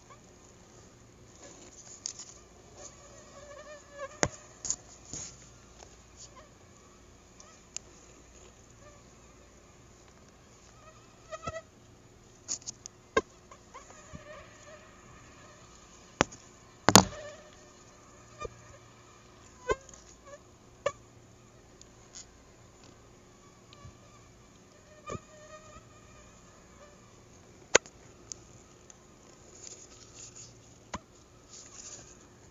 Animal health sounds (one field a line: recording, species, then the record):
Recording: mosquito flight sound by mobile phone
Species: Anopheles gambiae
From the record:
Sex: female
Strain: Akron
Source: CDC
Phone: Google Nexus